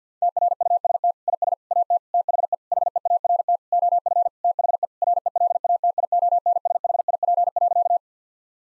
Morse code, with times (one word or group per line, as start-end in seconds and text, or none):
0.2-1.1 TRUST
1.3-1.5 IS
1.7-2.0 AT
2.1-2.5 THE
2.7-3.6 HEART
3.7-4.3 OF
4.4-4.9 THE
5.0-8.0 RELATIONSHIP.